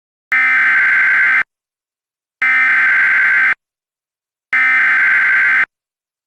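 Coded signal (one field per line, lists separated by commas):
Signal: Emergency Alert System (SAME) tones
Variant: header bursts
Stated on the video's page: EAS Severe Thunderstorm Warning template, not a real alert.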